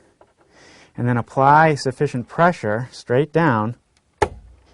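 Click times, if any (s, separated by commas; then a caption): 4.2 s. A memory module is pressed straight down into its DIMM socket on a motherboard until the side tabs lock. Someone talks, then a loud snap at 4.2 s marks the module locking into the slot, fully seated.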